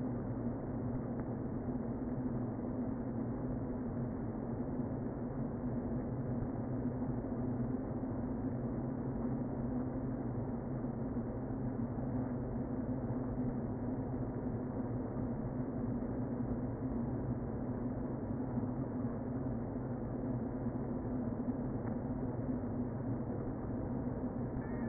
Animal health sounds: honeybee colony, microphone inside the hive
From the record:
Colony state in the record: queen present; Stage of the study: before two queens were removed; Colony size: about 60,000 bees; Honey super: yes

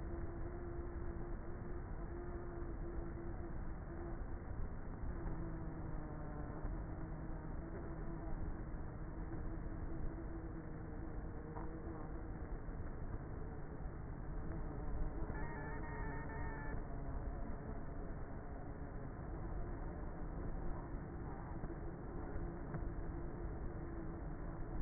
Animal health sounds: honeybee colony, microphone inside the hive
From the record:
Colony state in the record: queenless with a low population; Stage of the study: before two queens were removed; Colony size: about 30,000 bees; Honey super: no

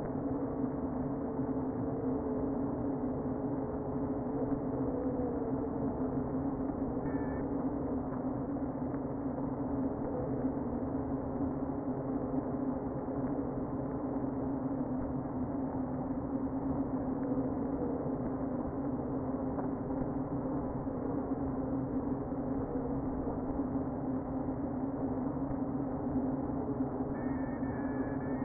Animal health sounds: honeybee colony, microphone inside the hive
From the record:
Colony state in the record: queen present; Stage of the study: before two queens were removed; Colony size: about 60,000 bees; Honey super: yes

